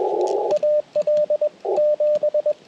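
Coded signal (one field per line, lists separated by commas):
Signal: Morse code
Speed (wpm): 21 wpm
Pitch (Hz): 600 Hz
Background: radio noise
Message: AL 7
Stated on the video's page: On-air QRP CW during a park activation, band hopping, with Icom IC-705, PackTenna 9:1 random wire, Elecraft T1 tuner, Begali Traveler paddles.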